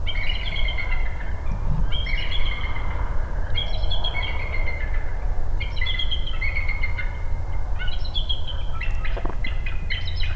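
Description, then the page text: Bald eagle giving thin, high, piping call series in bursts roughly every two seconds, each burst of stacked chirps falling slightly, over a steady low rumble. Recorded in Maryland. "Bald Eagle by David Weisenbeck via iNaturalist"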